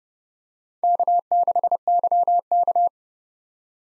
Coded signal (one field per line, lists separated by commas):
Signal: Morse code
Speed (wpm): 32 wpm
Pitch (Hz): 700 Hz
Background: none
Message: K6YK